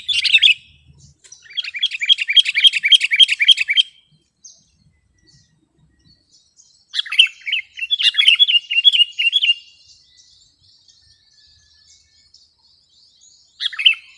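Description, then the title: Sooty-headed bulbul song in separate bursts of quick repeated chirps, separated by silences of a few seconds. "kutilang"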